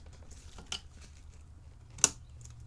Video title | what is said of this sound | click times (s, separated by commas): Tech Talk #9 What Can Go Wrong When Your Build a Computer | Let's hear the click. | 2.0 s